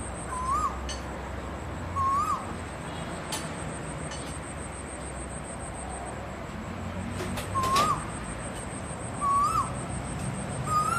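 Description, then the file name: Asian koel giving rising whistled notes about five times at uneven gaps, partly buried under steady hiss and a thin high-pitched whine. Calling to attract a mate. "นกกาเหว่าร้องหาคู่"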